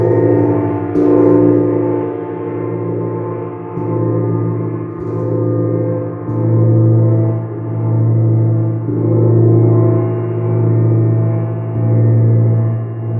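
A moon gong hums with deep, rich overtones, struck about every one to two seconds so each swell overlaps the last ringing tone.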